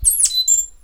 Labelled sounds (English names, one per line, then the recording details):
Stitchbird song
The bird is a male
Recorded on Tiritiri Matangi Island, New Zealand, in 2005
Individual 10, of nest box 12